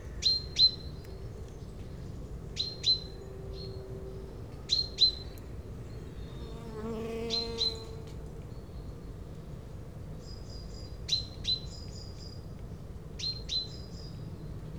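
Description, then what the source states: Common Chaffinch giving sharp paired call notes again and again, while an insect buzzes past midway through. Recorded with a Dodotronic stereo parabolic microphone and Zoom H4n Pro, aimed at a chaffinch on a hedgerow island among tall maize fields in Yenne, France.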